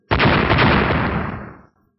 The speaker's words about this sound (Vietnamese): Vài tiếng nổ truyền ra, ngọc ấn kia quả nhiên là không bình thường, vừa tiếp xúc đã bắt đầu gãy từng khúc.